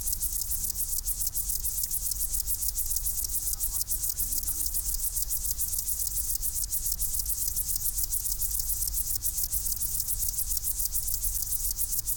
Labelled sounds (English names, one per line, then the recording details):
Upland Field Grasshopper
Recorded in the wild
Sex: pair
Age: imago
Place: Hakenfelde, Spandauer Forst, Berlin, DE
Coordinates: 52.58, 13.17
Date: 1996-08-18 17:31
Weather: sonnig, 24°C
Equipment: Sony MD-WM MZ-R3, Sennheiser ME 80, Kopie Uher 4000 Report Monitor
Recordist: Tembrock, Günter